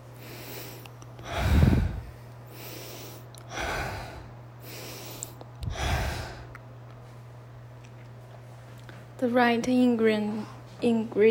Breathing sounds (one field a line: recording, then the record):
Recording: deep breathing after running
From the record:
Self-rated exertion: light exertion (2 of 6)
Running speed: 5 miles an hour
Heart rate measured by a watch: 90 beats a minute at the start, 93 at the end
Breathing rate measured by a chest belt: 28 breaths a minute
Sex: female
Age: 30 years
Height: 160 cm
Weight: 51 kg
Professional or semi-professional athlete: no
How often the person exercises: 3 to 5 times a week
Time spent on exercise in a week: over 5 hours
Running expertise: no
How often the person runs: 3 to 5 times a week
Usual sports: running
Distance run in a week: 60 km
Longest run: 42 km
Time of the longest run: 267 minutes